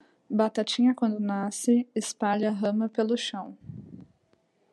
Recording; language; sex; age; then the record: short text; Brazilian Portuguese; female; 20 to 29 years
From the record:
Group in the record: control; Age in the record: 26 years